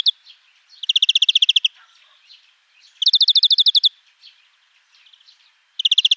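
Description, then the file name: European greenfinch repeating a rolling trill every two to three seconds, with faint twittering in the gaps. "Chloris chloris"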